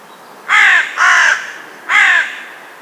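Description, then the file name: Carrion crow giving three loud, harsh, hoarse caws, the first two back to back and the third after a short pause. "Corvus corone"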